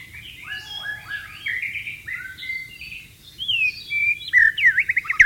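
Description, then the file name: White-rumped shama singing a continuous run of varied whistled notes, some sliding up, others down, ending in a louder, more complex flourish. "suara burung murai batu di alam liar"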